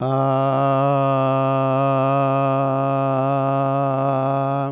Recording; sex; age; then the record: sustained vowel /a/; male; 70 to 79 years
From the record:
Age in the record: 77 years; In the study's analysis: included